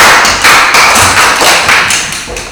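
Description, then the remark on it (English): An audience claps together, a loud, dense wash of many hands with several rhythmic surges, fading slightly toward the end, with no voices. “Clap one more time.”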